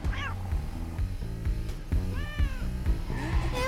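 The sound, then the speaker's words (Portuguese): A female cat, Isis, gives a couple of rising and falling meows, mid-pitched and clear, over steady rhythmic music with a pulsing low beat. “Sério, Isis, para uma gata, você é literal demais.”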